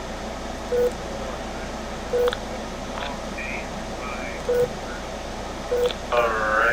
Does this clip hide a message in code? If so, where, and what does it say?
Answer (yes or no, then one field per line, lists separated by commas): no